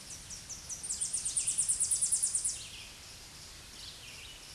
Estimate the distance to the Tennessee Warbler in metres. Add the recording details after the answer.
about 25 m. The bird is about 15 m above the microphone. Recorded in a Pennsylvania forest on 16 May 2024 at 08:00. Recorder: AudioMoth, point MSD-0079. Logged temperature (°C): 16.1 °C. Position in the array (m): 140 m, 98 m